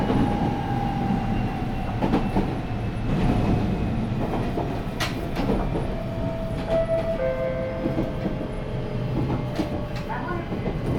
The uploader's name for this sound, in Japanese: 浄水→上豊田 3158号車 走行音